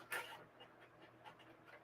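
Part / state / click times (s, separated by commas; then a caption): embossing folder into die-cutting machine plate / not seated / none. A plastic embossing folder is handled and lined up over the plate of a die-cutting and embossing machine, with soft rustling and light tapping, including a brief louder rustle near the start. Nothing has snapped or clicked into place yet.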